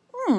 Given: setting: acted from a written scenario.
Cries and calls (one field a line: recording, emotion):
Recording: vocal sound without words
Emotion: interest